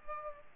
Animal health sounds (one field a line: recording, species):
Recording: mosquito wingbeat signal from an infrared sensor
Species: Aedes aegypti